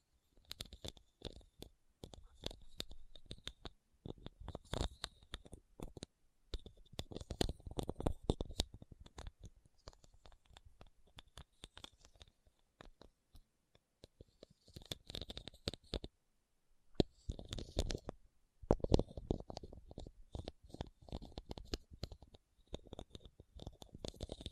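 Tapping and scratching on rhinestones, a busy patter of small clicks and crisp scrapes that comes in bursts. Denser stretches around 5–9 and 15–22 seconds alternate with brief near-silent pauses, and a faint steady high ringing runs beneath the louder passages.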